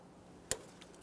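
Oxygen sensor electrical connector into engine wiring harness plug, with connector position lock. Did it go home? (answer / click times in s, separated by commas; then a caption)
yes / 0.5 s. A 2010–2013 Kia Forte Koup 2.4L L4 bank 1 sensor 1 oxygen sensor's plastic wiring connector is pressed into the engine wiring harness plug with its locking tabs lined up, then tugged and locked down with its yellow connector position lock. A sharp click at 0.5 s shows the locking tab snapping shut and the connector seated, followed by a much fainter tick at 0.8 s.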